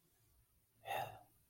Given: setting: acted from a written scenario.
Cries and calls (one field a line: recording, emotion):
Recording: vocal sound without words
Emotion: elation